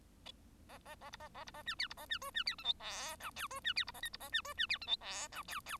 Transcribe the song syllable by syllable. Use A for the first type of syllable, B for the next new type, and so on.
A A A B A A B A C D B A C E C D F G H I J E C D B A K B A C E C D F G H I J J